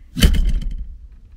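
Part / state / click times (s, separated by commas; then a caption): handbrake lever lock in a car's parking brake / released / 0.2 s. The locked handbrake lever of a drift E36 sedan's parking brake is pulled up to release it. A sharp click sounds at 0.2 s, followed by a fading rattle of smaller clicks around 0.4 s and 0.5 s as the lock lets go. The lever is released.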